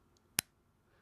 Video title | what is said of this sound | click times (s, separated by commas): It's V@pin' Time! - LIVE DynaVap M7 & M7 XL Sesh - Sneaky Pete's Reviews #livestream #canada #friday | you hear the captivations, they give you a click. | 0.4 s